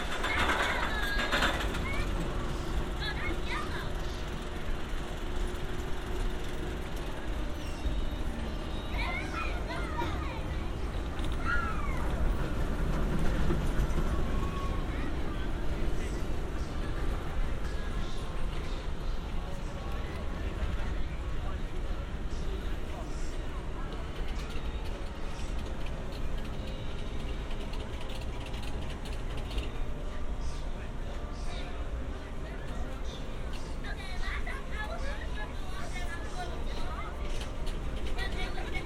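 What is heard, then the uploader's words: A walk near Santa Monica Pier, with a steady low rumble of crowd and machinery running throughout at an even level. Voices chatter on and off, and brief clatters and squeaks pop up now and then, clustering near the start and again around thirty seconds. Santa Monica Pier. A binaural field recording. Watching the bumper cars, the roller coasters.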